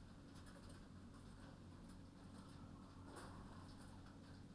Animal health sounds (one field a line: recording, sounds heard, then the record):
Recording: poultry house recording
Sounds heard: healthy chickens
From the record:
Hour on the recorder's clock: 21